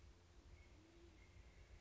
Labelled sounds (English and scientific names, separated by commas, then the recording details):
Band-tailed Pigeon (Patagioenas fasciata)
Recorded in Sonoma County, California